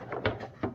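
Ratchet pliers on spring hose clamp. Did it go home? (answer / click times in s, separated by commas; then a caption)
no / none. Matco Tools ratcheting hose clamp pliers are squeezed onto a spring hose clamp, producing short metallic handling sounds with a sharp transient at 0.3 s and another at about 0.6 s. Nothing has seated or locked in place yet.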